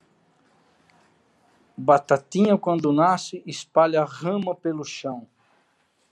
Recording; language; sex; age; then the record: short text; Brazilian Portuguese; male; 60 to 69 years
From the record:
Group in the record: control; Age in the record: 69 years